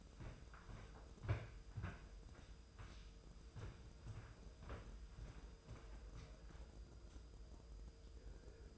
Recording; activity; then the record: daily activity, microphone in the room; walk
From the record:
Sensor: 2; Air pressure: 995.8 hPa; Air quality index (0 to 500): 246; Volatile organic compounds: 1000 ppm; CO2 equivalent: 6088 ppm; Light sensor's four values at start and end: 34/80/35/39 and 33/79/35/39